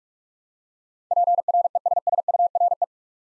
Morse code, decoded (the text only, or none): PRESSURE